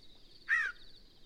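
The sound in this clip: Yellow-breasted Chat giving a single harsh, slightly downslurred note, with a thin high hiss continuing in the background.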